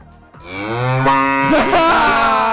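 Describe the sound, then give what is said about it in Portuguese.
A cow lets out one long, loud moo that swells in pitch and wavers toward the end, rich and droning, lasting over two seconds with no voices around it. “Finalmente acertaram a vaca!”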